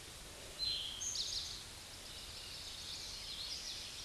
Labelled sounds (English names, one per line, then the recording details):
Eastern Towhee song
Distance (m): 20 m
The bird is about 5 m above the microphone
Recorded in a Pennsylvania forest on 16 May 2024 at 09:22
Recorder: AudioMoth, point MSD-1035
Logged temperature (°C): 16.3 °C
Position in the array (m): 203 m, 140 m